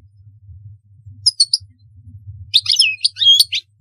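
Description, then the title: European goldfinch, brief song fragment: a few soft high chirps, then a quick burst of twittering notes over a low hum. "Chant Chardonneret"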